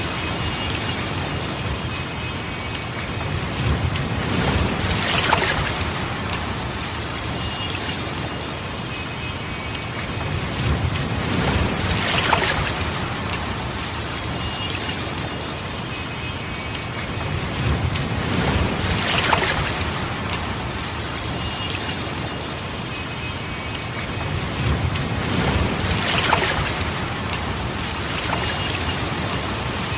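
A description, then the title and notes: Steady rain falls in a dense, even hiss that fills the whole clip. Every six to seven seconds, around 5, 12, 19 and 26 seconds, a brief rushing swell rises over it, like a passing vehicle or a gust, then fades back into the rain. Tranquil Rain Dreamscape: Ambient Rain Sounds. Rain ambiance music.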